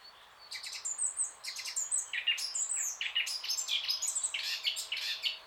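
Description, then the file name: Eurasian blackcap song: an unbroken, fast, scratchy warble of high chirps and brief whistles, varied and hurried throughout. "Sylvia atricapilla"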